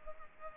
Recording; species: mosquito wingbeat signal from an infrared sensor; Culex pipiens